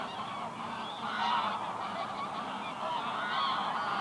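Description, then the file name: Goose: geese calling as a flock, a dense continuous chorus of overlapping honks and cackles with no pauses. Geese resting on the ice at the Hondenhemeltje in Venhuizen, Netherlands. "Ganzen rusten op het ijs bij het hondenhemeltje in venhuizen - De Auditieve Dienst"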